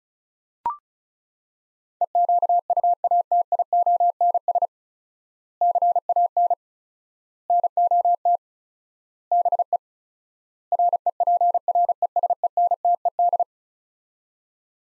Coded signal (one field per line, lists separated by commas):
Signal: Morse code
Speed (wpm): 36 wpm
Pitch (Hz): 700 Hz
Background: none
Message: EQUATIONS CAN NOT BE REPRESENTED